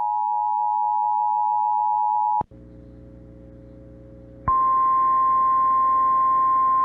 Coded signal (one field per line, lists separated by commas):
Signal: Emergency Alert System (SAME) tones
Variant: 853 and 960 Hz attention tone